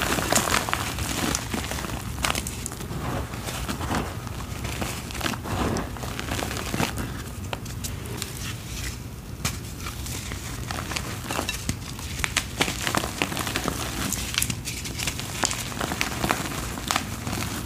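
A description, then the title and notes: Gym chalk is crushed and worked for the full stretch, a dense, continuous gritty crunching with frequent sharp crackles and brief bright spikes every second or so. Loudness stays fairly even throughout, over a steady low rumble underneath. A series of short gym chalk crushing videos.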